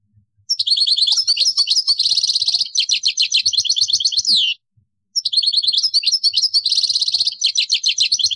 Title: Chant Chardonneret